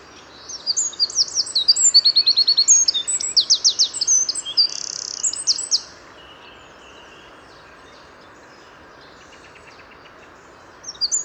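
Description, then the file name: Eurasian wren pouring out a shrill, rushing sequence of sharp notes and rattling trills for about five seconds, silence following, then a fresh phrase starting at the end. "Troglodytes troglodytes"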